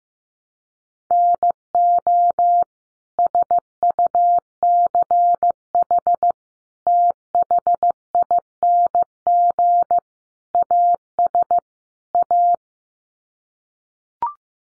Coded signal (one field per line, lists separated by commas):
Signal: Morse code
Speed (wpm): 15 wpm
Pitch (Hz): 700 Hz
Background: none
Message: NO SUCH THING AS A